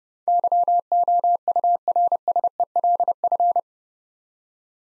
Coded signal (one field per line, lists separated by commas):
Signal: Morse code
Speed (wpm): 30 wpm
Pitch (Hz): 700 Hz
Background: none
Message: YOURSELF